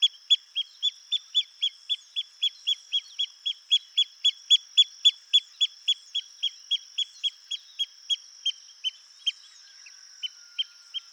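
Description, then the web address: Pearl kite giving a long run of high, clipped notes, about three to four a second, thinning out near the end, over a constant shrill high whine. "Pearl kite. صدای-پرنده-کورکور-مرواریدی"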